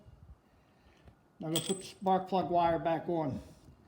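A rubber spark plug wire boot is handled at the spark plug terminal of a small engine, with faint low rustling and a brief quiet tick near 1.1 seconds. Someone then talks from about 1.4 seconds to the end. Nothing has seated or clicked yet.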